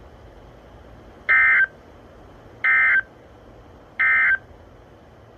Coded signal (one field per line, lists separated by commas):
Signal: Emergency Alert System (SAME) tones